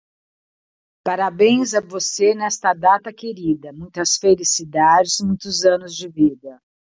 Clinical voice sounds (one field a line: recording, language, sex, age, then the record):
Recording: short text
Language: Brazilian Portuguese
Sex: female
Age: 60 to 69 years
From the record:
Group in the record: control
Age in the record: 62 years